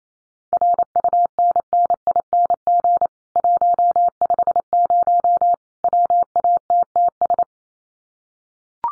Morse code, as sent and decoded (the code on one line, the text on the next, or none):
.-. ..- -. -. .. -. --. / .---- ..... ----- / .-- .- - - ...
RUNNING 150 WATTS